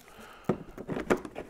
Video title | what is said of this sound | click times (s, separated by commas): Testing the New Milwaukee Debris Separator – The Ultimate Dust Collection Hack! | that locks in place right there | 0.5 s